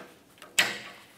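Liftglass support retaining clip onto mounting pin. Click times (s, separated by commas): 0.6 s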